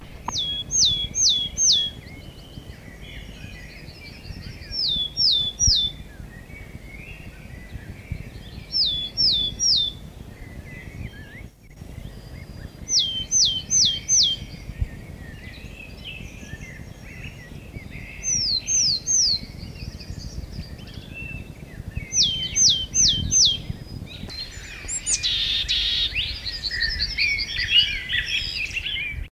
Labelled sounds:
Willow Tit (Poecile montanus) call
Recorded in the wild
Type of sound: call
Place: Wedemark, Niedersachsen
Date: 1972-04-29
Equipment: Halbspur, 9,5 cm/s
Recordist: Lütgens, Hans
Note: Bissendorfer Moor: Rufe

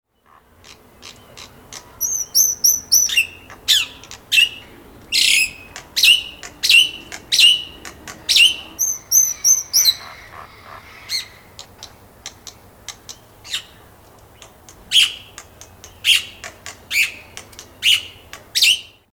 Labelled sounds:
Black-winged Starling (Acridotheres melanopterus)
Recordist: Tembrock, Günter
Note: Verschiedene Lautformen von zwei Vögeln

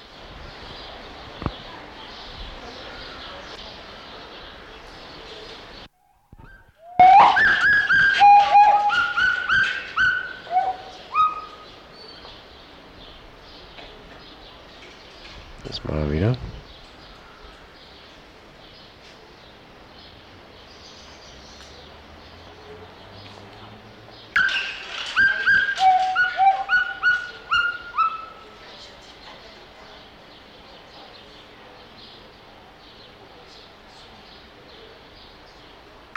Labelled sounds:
Pileated Gibbon (Hylobates pileatus)
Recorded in captivity
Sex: male
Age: adult
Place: Zoo Berlin, Berlin, DE
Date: 1988-05-28 10:15
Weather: sonnig, schwül, 20-26°C
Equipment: 19 cm Stereo
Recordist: Tembrock, Günter

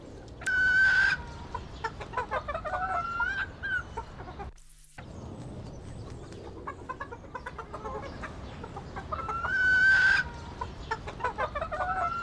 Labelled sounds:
Red Junglefowl (Gallus gallus) call
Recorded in captivity
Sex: diverse
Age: adult
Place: Zoo Berlin, Berlin, DE
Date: 1995-02-11 13:15
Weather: bedeckt, 6°C
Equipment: Marantz CP 130, Sennheiser ME 80, Kopie Uher Variocord 263
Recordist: Tembrock, Günter

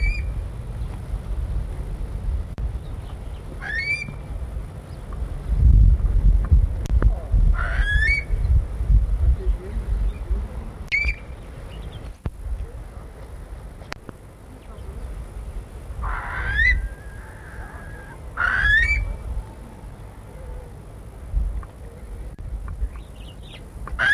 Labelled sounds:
Eurasian Curlew (Numenius arquata) call
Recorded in captivity
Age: adult
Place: Tierpark Berlin, Berlin, DE
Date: 1961-10-07
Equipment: Minifon, Kopie Smaragd
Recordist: Tembrock, Günter

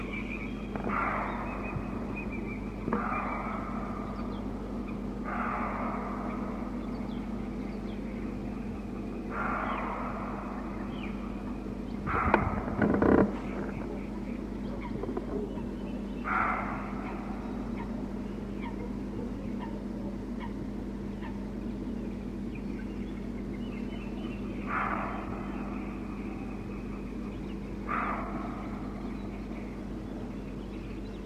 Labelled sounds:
Western Roe Deer (Capreolus capreolus)
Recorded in the wild
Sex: diverse
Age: adult
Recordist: Meyer, Hugo

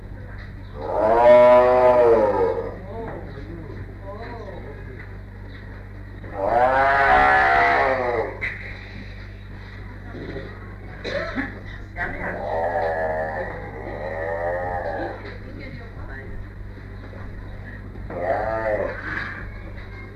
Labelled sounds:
Tiger (Panthera tigris)
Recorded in captivity
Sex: pair
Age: adult
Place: Tierpark Berlin, Berlin, DE
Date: 1959-05-28 10:00
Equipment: Smaragd
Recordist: TSA
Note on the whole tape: Begrüßung zwischen Lissy und Cäsar: Prusten von Lissy, Rufe von Cäsar. Abstand ca. 3 m. Aufnahmezeit: 10-14.30 Uhr

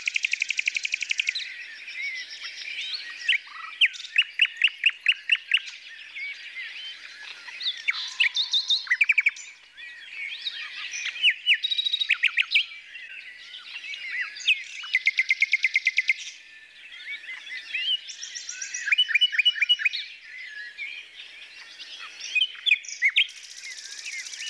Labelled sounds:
Common Nightingale (Luscinia megarhynchos) song
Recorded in the wild
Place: Merdingen bis Ihringen / Kaiserstuhl, Baden-Württemberg, DE
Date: 1982-05-02
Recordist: Schwarz, Dieter
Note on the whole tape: Song

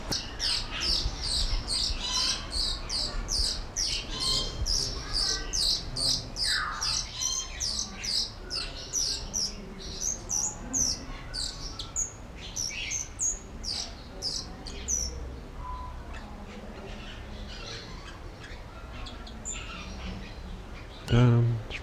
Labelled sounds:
Grosbeak Starling (Scissirostrum dubium) call
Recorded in captivity
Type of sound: call, call sequence
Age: adult
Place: Zoo Berlin, Berlin, DE
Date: 1994-05-21 11:57
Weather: heiter, 12-16°C
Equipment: Marantz CP 430, Sennheiser ME 80, Kopie Uher Variocord 263
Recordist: Tembrock, Günter
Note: 1 adultes Tier in "Bettelstellung" vor Bruthöhle, wo Schnabel eines zweiten Tieres zu sehen ist - Entfernung ca. 2 m

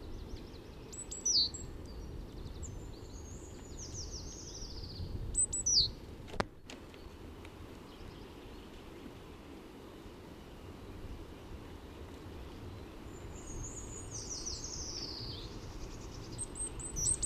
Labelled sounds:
Great Tit (Parus major) call
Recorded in the wild
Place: St. Martin, Appenzeller Land, Rheinland-Pfalz, DE
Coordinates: 49.3004, 8.1015
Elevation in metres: 241
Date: 1976-04-20
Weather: strong wind
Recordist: Tretzel, Erwin

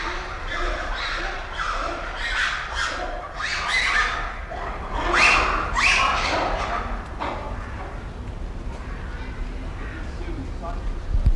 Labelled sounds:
Black-and-white Ruffed Lemur (Varecia variegata) call
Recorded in captivity
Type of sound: call
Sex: diverse
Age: adult
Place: Zoo Berlin, Berlin, DE
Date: 1993-07-17 11:15
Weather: wolkig, 22 °C
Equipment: Marantz CP 430, Sennheiser ME 80, Kopie Uher Variocord 263
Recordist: Tembrock, Günter
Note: Rufe der Gruppe (20 m)

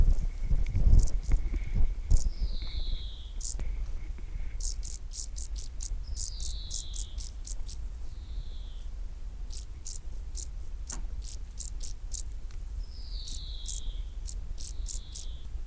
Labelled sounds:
Field Grasshopper (Chorthippus brunneus) stridulation
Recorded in the wild
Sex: male
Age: imago
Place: Groß Schönebeck, Schorfheide, Brandenburg, DE
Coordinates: 52.91, 13.53
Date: 1996-08-03 12:13
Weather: heiter, 23°C
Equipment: Sony MD-WM MZ-R3, Sennheiser ME 80, Kopie Uher 4000 Report Monitor
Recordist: Tembrock, Günter

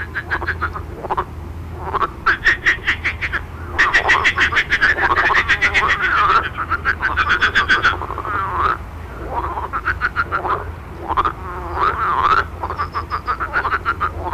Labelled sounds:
Marsh Frog (Pelophylax ridibundus) call
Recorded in the wild
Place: Marburg, Hessen, DE
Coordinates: 50.8089, 8.7725
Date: 1964-05-10 21:35
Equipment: Uher Report 4000, AKG D190
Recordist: Krey, Winfried

